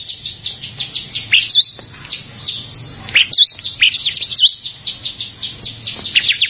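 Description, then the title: Bar-winged prinia song: rapid, high, thin chirps and slurred notes in a near-continuous stream. "Ciblek Sawah"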